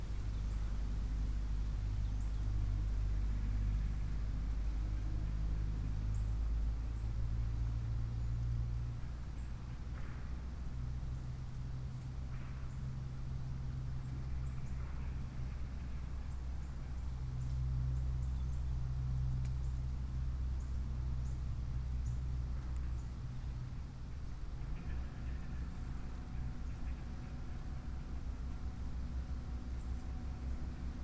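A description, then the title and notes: Breezy day in an oak-hickory stand, dominated by a heavy, steady low rumble with a droning, engine-like hum that swells and settles through the middle. A few faint taps near 10 and 12 seconds, and the drone changes character around 25 seconds. Oak-hickory stand on a breezy day with a few squirrels.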